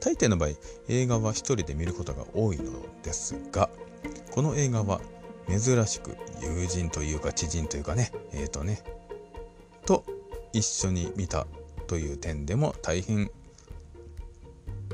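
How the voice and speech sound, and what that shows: An adult man who stutters speaks Japanese in a low voice, with stretched vowels, drawn-out fillers and long hesitations breaking up his phrases. These prolongations and blocks are stuttering.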